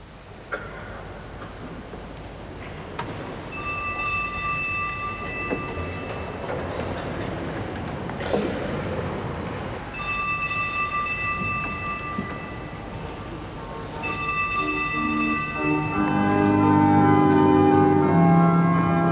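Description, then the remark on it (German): Organ music, Johann Sebastian Bach's "Jesu bleibet meine Freude" played on the organ at a state funeral: sustained, steady chords that come in separated phrases, then build into louder, fuller held low notes toward the end. No one speaks. “Hört, auf der Orgel gespielt, Johann Sebastian Bach.”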